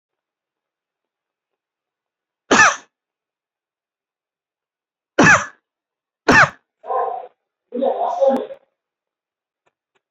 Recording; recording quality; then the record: shallow voluntary cough; excellent, no background noise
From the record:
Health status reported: recovered from COVID-19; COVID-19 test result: positive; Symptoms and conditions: cough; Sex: male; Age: 49 years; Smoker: not ticked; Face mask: worn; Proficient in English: yes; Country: India